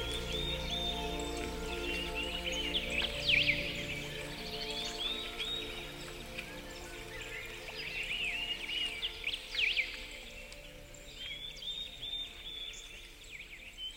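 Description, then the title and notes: Birds singing in bursts of quick, high twittering chirps and trills, with a low sustained tonal drone beneath that fades out during the first few seconds. "Frans Snyders - Concert of Birds"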